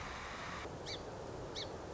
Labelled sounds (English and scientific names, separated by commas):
Song Sparrow (Melospiza melodia)